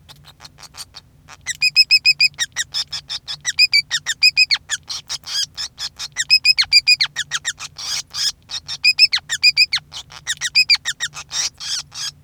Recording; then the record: song of a male Bengalese finch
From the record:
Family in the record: son of father 5